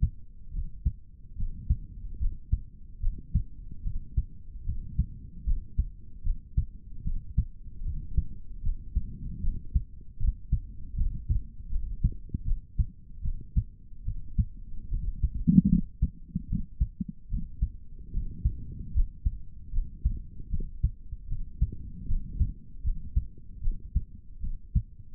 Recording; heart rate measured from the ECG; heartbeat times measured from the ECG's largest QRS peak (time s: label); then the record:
heart sounds by stethoscope; 75 bpm
0.51 s: heartbeat
1.36 s: heartbeat
2.19 s: heartbeat
3.00 s: heartbeat
3.82 s: heartbeat
4.64 s: heartbeat
5.44 s: heartbeat
6.23 s: heartbeat
7.03 s: heartbeat
7.82 s: heartbeat
8.62 s: heartbeat
9.41 s: heartbeat
10.18 s: heartbeat
10.94 s: heartbeat
11.69 s: heartbeat
12.44 s: heartbeat
13.21 s: heartbeat
14.03 s: heartbeat
14.89 s: heartbeat
15.69 s: heartbeat
16.47 s: heartbeat
17.29 s: heartbeat
18.12 s: heartbeat
18.93 s: heartbeat
19.72 s: heartbeat
20.50 s: heartbeat
21.27 s: heartbeat
22.06 s: heartbeat
22.83 s: heartbeat
23.61 s: heartbeat
24.40 s: heartbeat
From the record:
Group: healthy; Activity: rest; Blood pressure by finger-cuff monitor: 109/72 mmHg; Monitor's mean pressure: 84 mmHg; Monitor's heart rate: 76 bpm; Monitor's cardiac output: 3.8 L/min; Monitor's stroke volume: 51 mL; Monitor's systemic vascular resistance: 1610 dyn s/cm5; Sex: male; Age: 55 years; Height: 167 cm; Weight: 57.2 kg